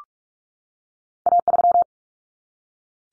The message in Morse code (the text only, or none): A3